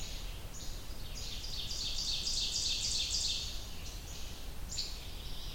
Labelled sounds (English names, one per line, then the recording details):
Ovenbird song
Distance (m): 40 m
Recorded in boreal forest in Alberta, Canada, on 30 June 2016 at 07:18
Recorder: SongMeter 3, array SBT-6-79
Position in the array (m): 42 m, 105 m
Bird 40